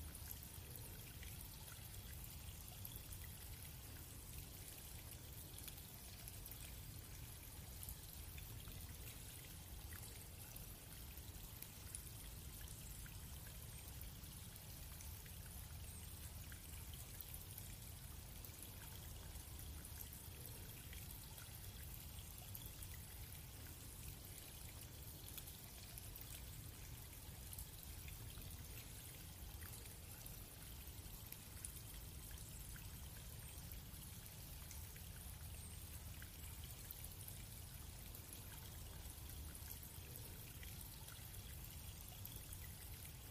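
Water runs steadily through a forest, a constant pouring, trickling rush with no pauses. A deep low rumble sits under a bright, airy hiss, and the sound stays dense and unchanging from start to finish.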